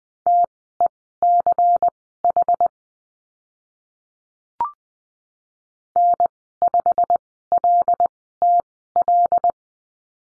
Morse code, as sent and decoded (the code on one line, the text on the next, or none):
- . -.-. .... / -. ..... .-.. - .-..
TECH N5LTL